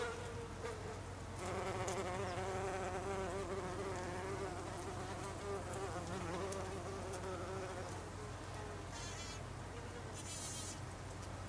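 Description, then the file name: Bumblebee buzz, a wavering drone for most that fades near the end, leaving a steady low hum. Bumblebees recorded on 26 August 2012. "hunangsflugur 2012-08-26"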